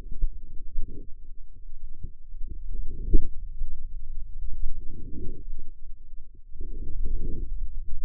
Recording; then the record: forearm muscle sounds (acoustic myography)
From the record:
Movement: ulnar deviation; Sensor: system 2, bracelet of six BSWA MPA416 microphones around the upper forearm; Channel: 5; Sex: male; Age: 22 years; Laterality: right